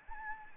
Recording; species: mosquito wingbeat signal from an infrared sensor; Anopheles gambiae